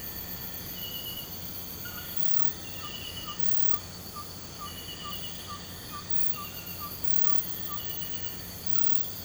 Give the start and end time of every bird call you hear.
1.90s-7.88s: bird call

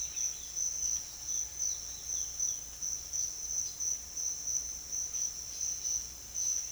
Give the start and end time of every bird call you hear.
0.00s-0.50s: bird call
1.11s-2.60s: bird call

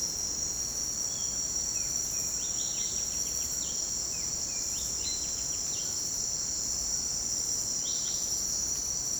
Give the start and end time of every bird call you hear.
1.04s-1.38s: bird call
1.66s-5.93s: bird call
7.74s-8.27s: bird call

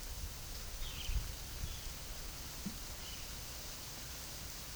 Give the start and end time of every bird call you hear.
0.00s-3.21s: bird call

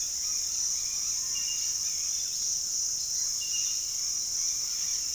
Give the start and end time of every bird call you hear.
0.00s-2.42s: bird call
3.18s-5.14s: bird call

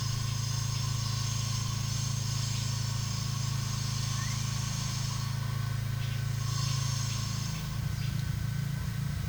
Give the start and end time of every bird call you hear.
4.05s-4.47s: bird call
5.95s-8.19s: bird call

